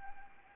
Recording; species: mosquito wingbeat signal from an infrared sensor; Anopheles arabiensis